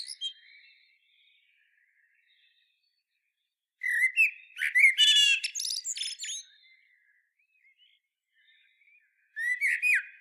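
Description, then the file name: Common blackbird with a faint warble at first, then a loud phrase of rich whistles ending in a busy high chattering flourish, and another phrase starting near the end. "Turdus merula"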